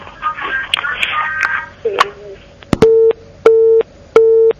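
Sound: telephone busy tone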